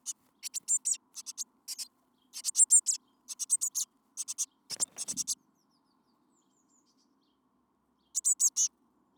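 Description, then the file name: Eurasian blue tit calls: rapid bursts of sharp, high-pitched ticking notes in quick runs, pausing, with a brief rustling scrape midway and a final short burst near the end. "Cyanistes caeruleus"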